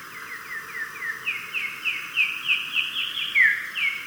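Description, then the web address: Olive tanager song: a rapid run of many short down-slurred notes, climbing gradually higher and louder through the series, with a steady faint background hiss. Recorded in Ecuador. "Birds of Ecuador. Olive Tanager"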